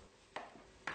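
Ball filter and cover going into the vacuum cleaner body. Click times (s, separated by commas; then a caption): 0.4 s, 0.9 s. A cleaned ball filter is turned clockwise into a Dyson vacuum cleaner body until it clicks at 0.4 s, then its cover is screwed on until it also clicks at 0.9 s. Two short, sharp plastic clicks stand out against a quiet background. Both the filter and the cover are seated.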